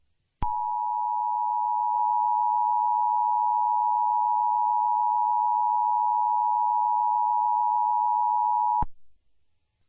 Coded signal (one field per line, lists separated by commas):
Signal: Emergency Alert System (SAME) tones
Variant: 853 and 960 Hz attention tone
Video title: Angry EAS Guy Went Insane